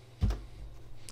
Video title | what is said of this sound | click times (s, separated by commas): Surface Book with Performance Base - Full Review | it gives a satisfying click and you can just pull this off | 1.1 s